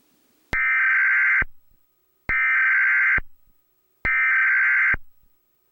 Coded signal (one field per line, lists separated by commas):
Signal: Emergency Alert System (SAME) tones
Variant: header bursts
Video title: EAS Test November 9, 2011 (EAS #13)